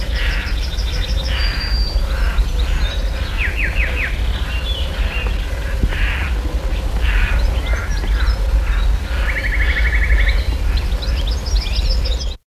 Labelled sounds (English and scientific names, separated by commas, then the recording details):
European Roller (Coracias garrulus) courtship call
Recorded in the wild
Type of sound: courtship call
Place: Schützen (Steinhöring), Bayern, DE
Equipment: Halbspur, 9,5 cm/s
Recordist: Lütgens, Hans
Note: Balzruf